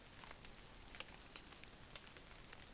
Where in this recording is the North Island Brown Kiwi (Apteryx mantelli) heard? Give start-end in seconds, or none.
none